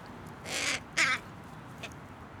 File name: Corvus corone